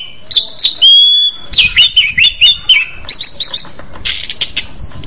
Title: Anis Merah